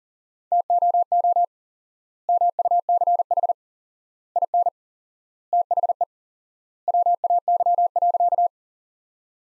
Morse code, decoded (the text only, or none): TOO MUCH IN THE WAY.